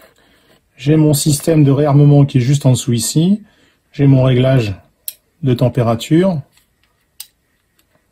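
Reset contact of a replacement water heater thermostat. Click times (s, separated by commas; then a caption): 7.2 s. Someone talks while handling a new replacement water heater thermostat, working the reset mechanism located just below its temperature setting. After the talk stops, the reset contact engages with one sharp, brief click at 7.2 s, with only faint ticks before and after. The contact has clicked in and seated.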